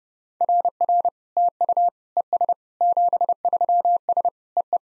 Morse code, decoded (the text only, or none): RR TU ES 73S EE